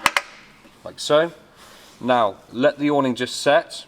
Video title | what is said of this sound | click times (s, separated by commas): Cherubini Motor Setting and Vibration Wind Sensor Setting - RA Retractable Awnings | make sure it clicks into place | 0.1 s, 0.2 s